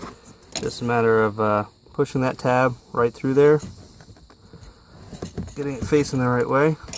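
Someone talks while turning and lining up a plastic wiring harness clip so it faces the right way for its engine bay bracket on a Subaru, with a few faint handling ticks around 4.0 to 5.4 seconds. The clip has not been pushed home or clicked yet.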